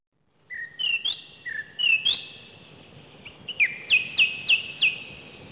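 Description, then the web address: Song thrush song: a whistled phrase sung twice, then a brief different note, then a crisp, sharp note repeated four times in quick succession. Spring. "vremena vesna 03 drozd pevchi"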